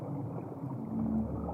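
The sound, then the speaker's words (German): A woman's deep, rough gurgling death rattle that drags on for over a second, low and throaty, with a brief moaning tone rising through it near the end. No speech. “Tiefes, grauenvolles Röcheln.”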